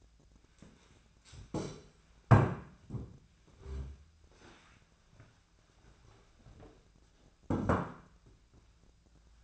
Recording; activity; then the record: daily activity, microphone in the room; stand up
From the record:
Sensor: 2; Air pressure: 1008.0 hPa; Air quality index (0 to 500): 182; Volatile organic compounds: 10 ppm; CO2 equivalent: 2230 ppm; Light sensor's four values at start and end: 11/26/11/11 and 11/26/11/11